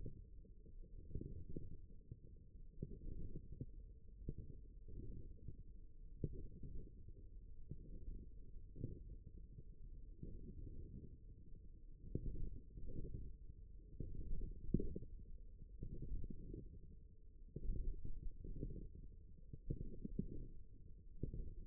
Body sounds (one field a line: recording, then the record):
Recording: forearm muscle sounds (acoustic myography)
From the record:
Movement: radial deviation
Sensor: system 1, eight BSWA MPA416 microphones around the upper forearm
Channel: 7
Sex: male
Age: 54 years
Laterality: right